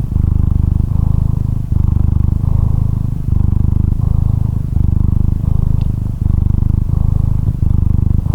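Cat giving a low rumbling purr in steady bursts, each pause marking a breath, with one faint tick midway.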